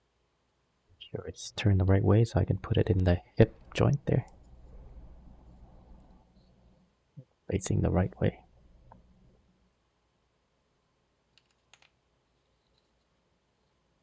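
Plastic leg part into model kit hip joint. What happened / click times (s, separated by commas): The plastic part is handled and lined up but has not snapped into place / none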